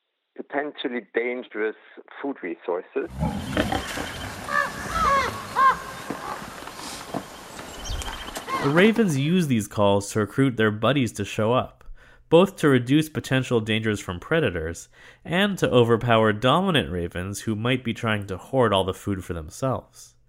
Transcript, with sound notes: potentially dangerous food resources." [Raven haa call sounds] The ravens use these calls to recruit their buddies to show up, both to reduce potential dangers from predators and to overpower dominant ravens who might be trying to hoard all the food for themselves.